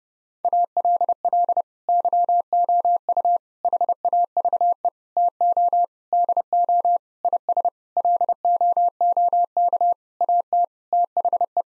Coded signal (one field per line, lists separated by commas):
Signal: Morse code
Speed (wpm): 30 wpm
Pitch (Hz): 700 Hz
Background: none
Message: ALL YOU HAVE TO DO IS LOOK AT THE